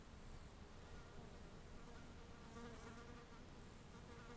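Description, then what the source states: Fly buzzing, a low droning hum with intermittent high hissing bursts behind it. Recorded in Australia.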